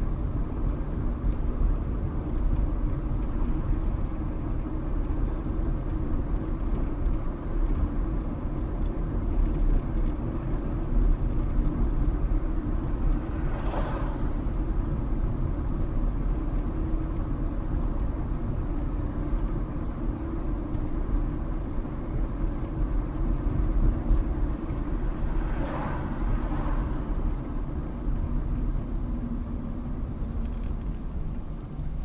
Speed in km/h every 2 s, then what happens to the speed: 31, 32, 34, 34, 34, 34, 34, 34, 34, 35, 34, 35, 32, 29, 23, 15.
0-23 steady at about 34. 23-32 slows to 15.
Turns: none.